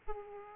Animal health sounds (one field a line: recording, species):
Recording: mosquito wingbeat signal from an infrared sensor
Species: Aedes aegypti